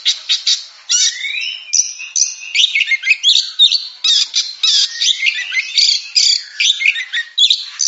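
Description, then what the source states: Oriental magpie-robin singing a fast medley of scratchy bursts, rising whistled slurs and sharp chattering notes, delivered almost without pause. Champion singing bird.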